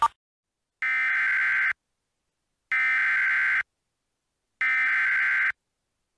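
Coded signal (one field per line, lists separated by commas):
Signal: Emergency Alert System (SAME) tones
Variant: header bursts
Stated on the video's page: Mock EAS scenario recreating the May 30, 2004 severe weather outbreak.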